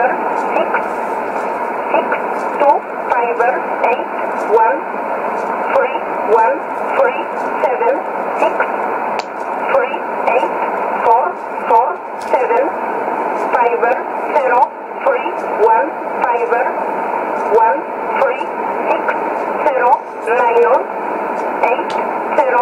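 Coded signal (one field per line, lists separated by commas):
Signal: numbers station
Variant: E11 Oblique, English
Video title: 15 03 2017 Numbers station E11 Oblique in English to Eu 0813 on 11450 in USB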